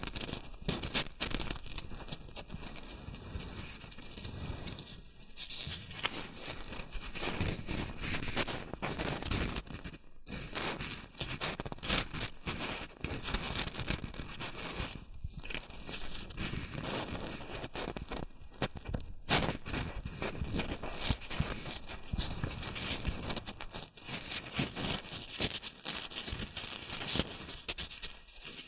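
Shredded tissue and packing peanuts rustle and crinkle almost without pause, a dense, bright crackle of many small overlapping rustles. Brief near-silent gaps break the handling at about 10, 15 and 19 seconds, and the loudness stays fairly even throughout.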